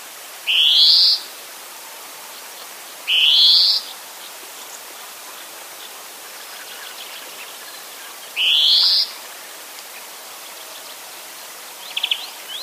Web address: ljud Chloris